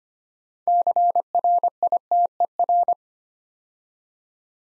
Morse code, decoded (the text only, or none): CRITER